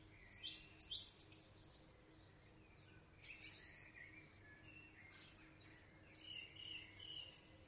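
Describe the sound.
Song thrush singing: a quick series of sharp, high repeated notes opening the passage, then softer, fainter warbled phrases over a low hum.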